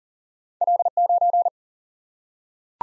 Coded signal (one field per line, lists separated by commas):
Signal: Morse code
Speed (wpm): 40 wpm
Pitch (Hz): 700 Hz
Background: none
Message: L9